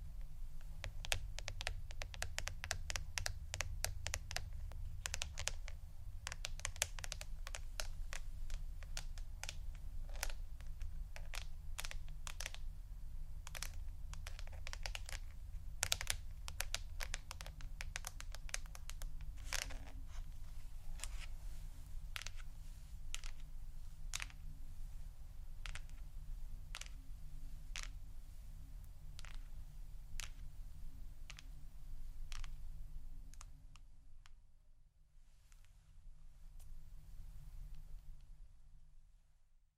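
Rapid, crisp tapping clicks fall thickly over a steady low hum, thinning out after about thirty seconds before the hum briefly dips.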